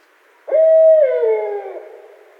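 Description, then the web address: Barred owl gives one hoot, a strong steady note that then slides downward into a slurred fall and fades. Nothing else is heard. Recorded 8 February 2012. "Barred Owl 2012 02 08"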